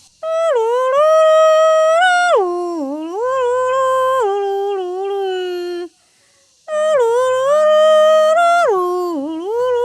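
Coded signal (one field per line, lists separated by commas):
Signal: whistled language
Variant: Kongthong jingrwai iawbei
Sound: a hummed or sung melodic call with gliding pitch, two phrases separated by a pause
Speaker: That is she keep her song. This is her name.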